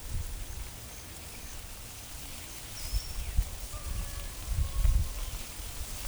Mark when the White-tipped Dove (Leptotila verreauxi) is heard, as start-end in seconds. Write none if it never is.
none